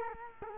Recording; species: mosquito wingbeat signal from an infrared sensor; Culex quinquefasciatus